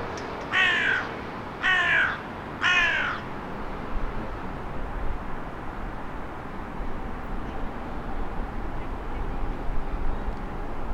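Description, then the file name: Carrion crow calling: three harsh, rasping caws about one second apart, followed by steady background rumble. "Corvus corone"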